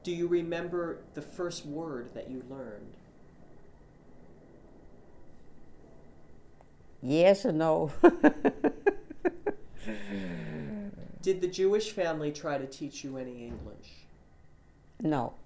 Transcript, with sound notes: Do you remember the first word that you learned?
"Yes" and "no." (she laughs)
Did the Jewish family try to teach you any English?
No,